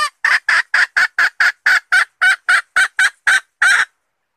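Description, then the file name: Red junglefowl hen delivers a rapid series of about fourteen short, harsh, evenly spaced notes, roughly four per second. Female (hen) wild junglefowl calling to find a mate. "tieng ga rung mai keu tim kiem ban tinh"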